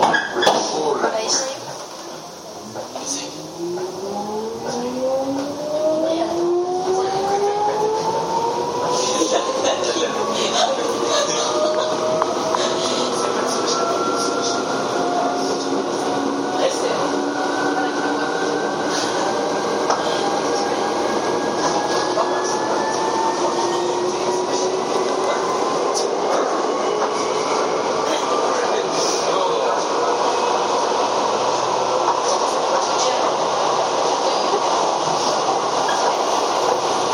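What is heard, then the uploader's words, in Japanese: A Chichibu Railway 7500 series train pulls away between Hanyu and Kumagaya. After a brief lull, the motors whine upward in rising, layered tones over the first fifteen seconds as it accelerates, then settle into a steady hum over a dense, continuous running rumble. 秩父鉄道7500系 羽生ー熊谷。秩父鉄道本線 羽生→熊谷の区間で録音。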